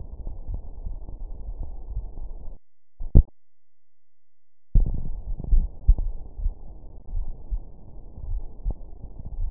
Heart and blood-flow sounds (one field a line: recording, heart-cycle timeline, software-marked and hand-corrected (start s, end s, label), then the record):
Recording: heart sounds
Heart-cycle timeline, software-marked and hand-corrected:
not marked
From the record:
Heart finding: coronary artery disease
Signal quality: poor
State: rest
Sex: female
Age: 55 years